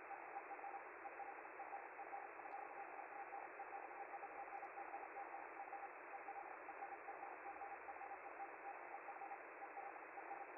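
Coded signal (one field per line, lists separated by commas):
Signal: Hellschreiber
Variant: Feld-Hell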